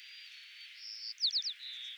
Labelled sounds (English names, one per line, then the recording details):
White-crowned Sparrow song
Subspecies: nuttalli
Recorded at Gualala, California, in 2014
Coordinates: 38.757, -123.518
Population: north
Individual GUA_male1_14